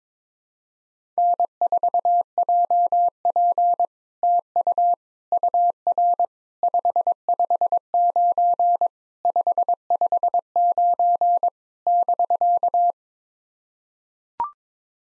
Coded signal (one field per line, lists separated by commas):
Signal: Morse code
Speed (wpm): 22 wpm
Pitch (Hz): 700 Hz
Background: none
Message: N4JP TU UR 559 559 <BK>